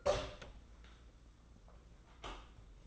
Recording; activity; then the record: daily activity, microphone in the room; open door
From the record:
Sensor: 3